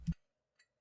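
The lid of a VANGREE 80Gbps NVMe SSD enclosure is lined up with the notch on the enclosure body and pressed home, giving one short, sharp tick at 0.1 s, followed by a much fainter, higher tick near 0.6 s. The lid snaps into place and is seated, locked tightly by spring-loaded ball bearings that pop into place.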